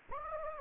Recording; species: mosquito wingbeat signal from an infrared sensor; Anopheles gambiae